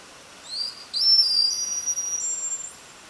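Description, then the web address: White-beaked dolphin whistles, high and mostly level, a short rising note then sustained flat tones that jump to higher steady pitches, against soft hiss. White-beaked dolphins recorded in Skjálfandi Bay, Iceland; flat whistles. "whales of skjalfandi bay"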